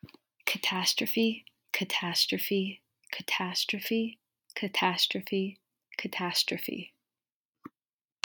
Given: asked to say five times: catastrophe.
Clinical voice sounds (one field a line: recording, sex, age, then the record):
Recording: repeated word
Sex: female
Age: 20 to 29 years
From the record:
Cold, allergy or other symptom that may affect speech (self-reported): no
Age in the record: 22 years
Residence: Florida, United States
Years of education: 17